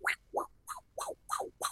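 Rapid, regular whooshing pulses, about 180 a minute: a fetal heartbeat picked up by a handheld Doppler ultrasound wand coated with blue gel, its high-frequency sound bouncing off the moving heart.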